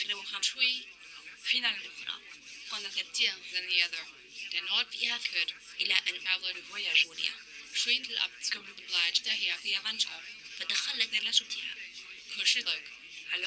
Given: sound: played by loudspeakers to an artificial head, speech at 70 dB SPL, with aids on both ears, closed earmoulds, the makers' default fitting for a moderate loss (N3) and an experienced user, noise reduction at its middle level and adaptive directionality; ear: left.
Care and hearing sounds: speech test signal (ISTS) in cocktail-party noise; +6 dB; in front (0 degrees)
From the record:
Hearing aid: class 2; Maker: H

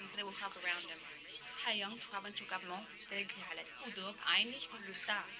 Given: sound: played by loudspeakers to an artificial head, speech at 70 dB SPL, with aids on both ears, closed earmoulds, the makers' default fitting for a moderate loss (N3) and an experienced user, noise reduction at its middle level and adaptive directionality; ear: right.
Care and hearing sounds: speech test signal (ISTS) in cocktail-party noise; +3 dB; on the right (90 degrees)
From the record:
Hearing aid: class 2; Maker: F

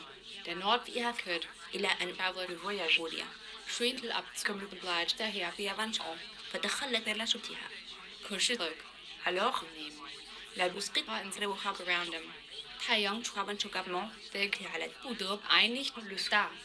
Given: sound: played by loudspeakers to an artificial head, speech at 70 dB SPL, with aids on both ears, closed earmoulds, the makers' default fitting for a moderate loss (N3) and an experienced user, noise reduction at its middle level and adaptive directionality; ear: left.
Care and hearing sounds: speech test signal (ISTS) in cocktail-party noise; +9 dB; in front (0 degrees)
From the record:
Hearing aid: class 1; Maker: E

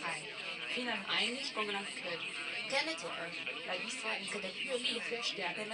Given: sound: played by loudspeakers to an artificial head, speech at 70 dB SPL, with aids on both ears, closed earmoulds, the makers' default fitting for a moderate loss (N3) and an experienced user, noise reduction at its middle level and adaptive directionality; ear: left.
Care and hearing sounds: speech test signal (ISTS) in cocktail-party noise; +6 dB; on the right (90 degrees)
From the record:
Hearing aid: class 2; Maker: I

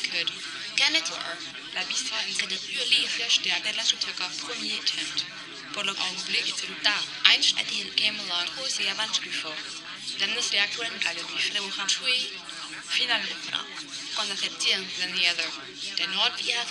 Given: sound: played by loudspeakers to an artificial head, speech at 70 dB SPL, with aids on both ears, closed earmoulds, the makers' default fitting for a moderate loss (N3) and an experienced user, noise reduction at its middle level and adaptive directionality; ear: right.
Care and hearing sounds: speech test signal (ISTS) in cocktail-party noise; 0 dB; on the right (90 degrees)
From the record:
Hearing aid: class 1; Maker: B

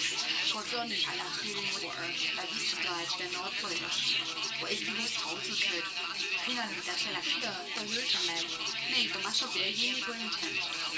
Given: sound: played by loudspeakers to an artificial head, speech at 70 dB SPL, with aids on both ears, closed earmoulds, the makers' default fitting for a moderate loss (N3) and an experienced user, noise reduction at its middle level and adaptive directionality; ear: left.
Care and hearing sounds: speech test signal (ISTS) in cocktail-party noise; +3 dB; on the right (90 degrees)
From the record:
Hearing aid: class 1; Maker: A

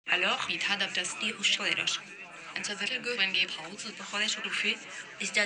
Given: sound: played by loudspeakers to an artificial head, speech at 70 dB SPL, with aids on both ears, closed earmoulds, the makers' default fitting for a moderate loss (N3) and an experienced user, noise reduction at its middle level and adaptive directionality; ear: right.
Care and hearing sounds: speech test signal (ISTS) in cocktail-party noise; +9 dB; in front (0 degrees)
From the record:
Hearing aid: class 2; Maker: G

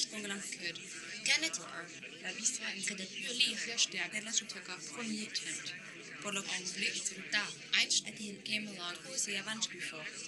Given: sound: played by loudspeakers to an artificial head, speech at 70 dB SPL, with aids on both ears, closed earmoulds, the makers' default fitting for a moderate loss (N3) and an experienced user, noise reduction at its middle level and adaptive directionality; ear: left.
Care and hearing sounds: speech test signal (ISTS) in cocktail-party noise; +3 dB; in front (0 degrees)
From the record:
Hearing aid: class 1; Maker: J

